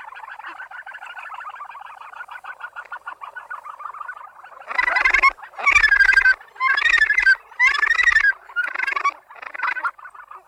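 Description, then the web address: Australasian gannet calls: a softer, steady grating chatter, then several loud, harsh, rasping bursts. "australasian-gannet takapu"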